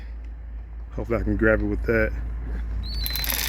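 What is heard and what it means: While replacing the steering airbag on an Acura MDX, a power driver is used to run the airbag retaining screw into the steering wheel. Over a steady low hum, someone talks, then from about 2.8 s a high whine and a rising broadband whir set in, with short sharp ticks near 3.1 s and 3.3 s. The screw is handled but not yet home; nothing has seated or clicked yet.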